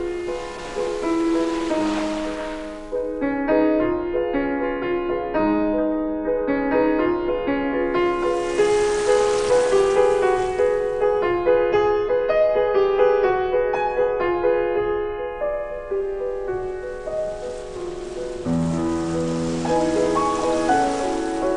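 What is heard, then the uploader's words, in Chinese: Steady piano chords ring through the clip while ocean waves wash in and recede three times, near the start, middle and end. 海浪轻拍沙滩，悠扬的旋律将您引向夜幕降临的宁静海岸。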